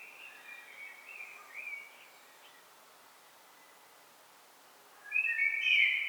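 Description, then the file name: Common blackbird song: a faint, soft warbled phrase at the start, then a pause, then a louder fluty phrase near the end. "Turdus merula"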